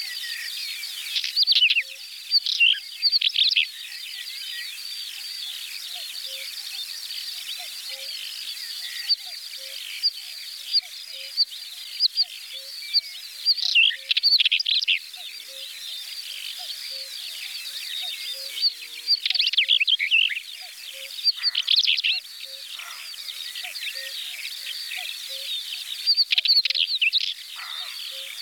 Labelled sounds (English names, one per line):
Northern Wheatear song